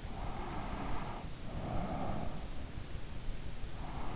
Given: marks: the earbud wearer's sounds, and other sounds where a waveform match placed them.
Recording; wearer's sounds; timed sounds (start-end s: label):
sounds in sleep by an in-ear microphone; breath
0.28-3.89 s: breath